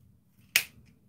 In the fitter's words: just kind of comes down but pushing it back up obviously there's a snap there